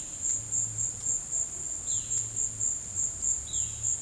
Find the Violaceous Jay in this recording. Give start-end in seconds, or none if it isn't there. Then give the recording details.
0.00-3.81. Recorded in dense forest near Puerto Asís, Putumayo, Colombia, on 23 June 2025 at 15:00. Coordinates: 0.486, -76.317. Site G065